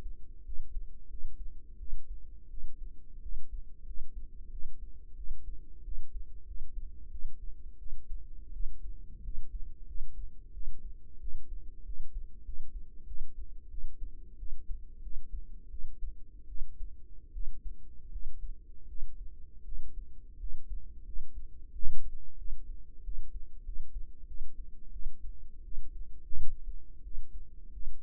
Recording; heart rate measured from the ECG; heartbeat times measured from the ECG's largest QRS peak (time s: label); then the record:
heart sounds by microphone in the right ear; 88 bpm
0.44 s: heartbeat
1.09 s: heartbeat
1.78 s: heartbeat
2.49 s: heartbeat
3.21 s: heartbeat
3.85 s: heartbeat
4.50 s: heartbeat
5.16 s: heartbeat
5.83 s: heartbeat
6.45 s: heartbeat
7.10 s: heartbeat
7.78 s: heartbeat
8.52 s: heartbeat
9.22 s: heartbeat
9.86 s: heartbeat
10.52 s: heartbeat
11.19 s: heartbeat
11.84 s: heartbeat
12.44 s: heartbeat
13.06 s: heartbeat
13.69 s: heartbeat
14.37 s: heartbeat
15.01 s: heartbeat
15.70 s: heartbeat
16.47 s: heartbeat
17.32 s: heartbeat
18.10 s: heartbeat
18.87 s: heartbeat
19.64 s: heartbeat
20.38 s: heartbeat
21.04 s: heartbeat
21.71 s: heartbeat
22.37 s: heartbeat
23.03 s: heartbeat
23.64 s: heartbeat
24.26 s: heartbeat
24.91 s: heartbeat
25.63 s: heartbeat
26.36 s: heartbeat
27.02 s: heartbeat
27.72 s: heartbeat
From the record:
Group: healthy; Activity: rest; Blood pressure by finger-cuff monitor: 89/61 mmHg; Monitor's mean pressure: 70 mmHg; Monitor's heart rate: 89 bpm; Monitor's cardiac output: 6.9 L/min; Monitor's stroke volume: 77 mL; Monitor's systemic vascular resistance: 730 dyn s/cm5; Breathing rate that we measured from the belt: 21 breaths a minute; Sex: female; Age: 19 years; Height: 163 cm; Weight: 48.9 kg